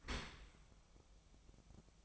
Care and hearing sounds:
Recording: daily activity, microphone in the room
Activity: open dishwasher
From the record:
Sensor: 1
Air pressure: 1004.7 hPa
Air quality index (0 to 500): 118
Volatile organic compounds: 4 ppm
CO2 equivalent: 1631 ppm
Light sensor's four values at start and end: 9/22/8/9 and 9/22/8/9

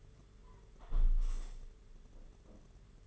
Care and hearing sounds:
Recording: daily activity, microphone in the room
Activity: close window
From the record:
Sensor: 4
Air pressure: 992.1 hPa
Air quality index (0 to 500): 96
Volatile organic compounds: 10 ppm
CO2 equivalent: 2233 ppm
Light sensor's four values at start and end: 22/77/28/30 and 22/76/28/29

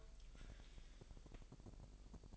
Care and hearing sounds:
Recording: daily activity, microphone in the room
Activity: take from stove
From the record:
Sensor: 5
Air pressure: 999.4 hPa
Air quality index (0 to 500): 221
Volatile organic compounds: 20 ppm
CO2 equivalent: 2700 ppm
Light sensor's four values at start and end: 30/68/28/27 and 32/72/29/28

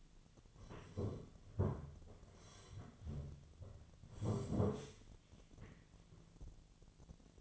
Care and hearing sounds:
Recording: daily activity, microphone in the room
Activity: sit down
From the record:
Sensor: 4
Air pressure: 1008.9 hPa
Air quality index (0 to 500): 170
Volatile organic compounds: 5 ppm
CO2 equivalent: 1713 ppm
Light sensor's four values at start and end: 23/73/28/26 and 23/73/28/26

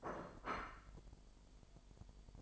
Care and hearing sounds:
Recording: daily activity, microphone in the room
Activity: place plate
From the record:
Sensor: 5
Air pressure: 1002.1 hPa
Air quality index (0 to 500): 224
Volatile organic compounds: 28 ppm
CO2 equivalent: 2905 ppm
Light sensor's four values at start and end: 10/24/10/11 and 10/24/10/11

